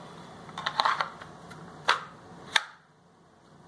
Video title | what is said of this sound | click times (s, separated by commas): MIE Productions IWB/AIWB Olight PL-Mini Valkyrie light bearing holster | there's a click but it's not like a snapping clip ok but | 2.6 s